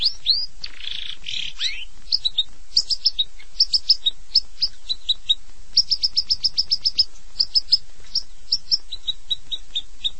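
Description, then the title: Long-tailed shrike song opening with a harsh buzzy burst, then runs of crisp high chirps, some in rapid series. "Kicau Burung Pentet"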